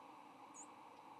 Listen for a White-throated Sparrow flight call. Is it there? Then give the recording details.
no. Another species' flight call is heard. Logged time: 08:57 on 8 November 2014